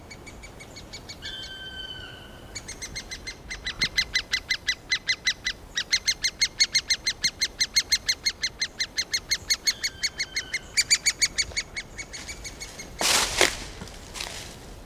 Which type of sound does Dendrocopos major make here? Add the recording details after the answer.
call. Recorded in the wild. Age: juvenile. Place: Mühlenbecker Wald, Brandenburg, DE. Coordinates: 52.6833, 13.4. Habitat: forest. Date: 1988-06-04 10:42. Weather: bedeckt, 18-20°C, Wind. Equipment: Nagra SN, Kopie Tesla B 116. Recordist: Tembrock, Günter